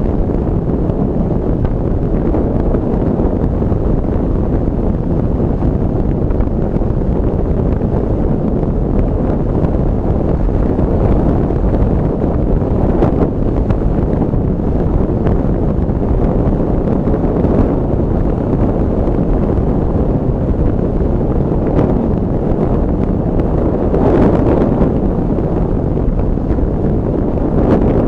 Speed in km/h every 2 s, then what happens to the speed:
49, 50, 51, 51, 52, 52, 53, 53, 53, 52, 53, 53, 53, 53.
0-28 steady at about 52.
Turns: none.